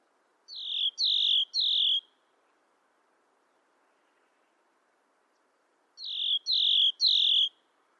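Bird giving two quick trios of sharp, downslurred chirps several seconds apart, with soft steady background noise between them.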